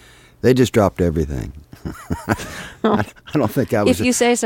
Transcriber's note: soundbite of laughter